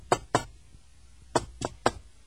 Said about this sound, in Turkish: Hadi hoca, çalacaksan çal şu kapıyı da ne olacaksa olsun artık canım. Tamam hanım, tamam, çalıyorum.